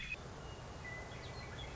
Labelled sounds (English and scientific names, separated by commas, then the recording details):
Western Meadowlark (Sturnella neglecta)
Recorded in Sonoma County, California